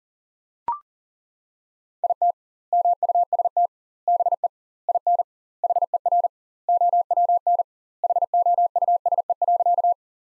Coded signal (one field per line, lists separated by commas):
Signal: Morse code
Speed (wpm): 40 wpm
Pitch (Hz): 700 Hz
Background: none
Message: IT MUST BE IN HER OWN HOUSE.